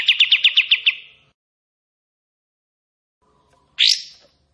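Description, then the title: Bulbul song, the end of a quick trill of several sharp notes, a pause, then a single loud rising note. Singing in top form with long fast 'tembakan' bursts and 'besetan' runs; used as a tutor for training white-rumped shamas (murai batu). "KAPAS TEMBAK GACOR TEMBAKAN DAN BESETAN PANJANG AUDIO KERNIH COCOK UNTUK MASTERAN MURAI BATU PASTOL"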